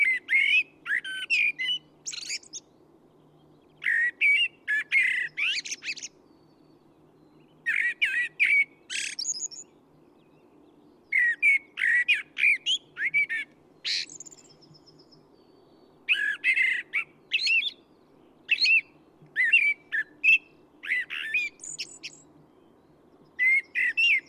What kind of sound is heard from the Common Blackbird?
song